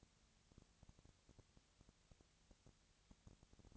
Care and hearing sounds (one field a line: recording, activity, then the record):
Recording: daily activity, microphone in the room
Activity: no activity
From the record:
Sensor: 3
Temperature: 20.4 degrees Celsius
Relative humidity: 34.4%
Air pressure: 996.9 hPa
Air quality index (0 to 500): 205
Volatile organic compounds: 68 ppm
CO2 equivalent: 3504 ppm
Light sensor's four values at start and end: 2/3/2/2 and 2/3/2/2